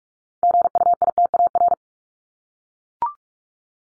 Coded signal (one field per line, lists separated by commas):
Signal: Morse code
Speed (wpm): 44 wpm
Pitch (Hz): 700 Hz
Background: none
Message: GUITAR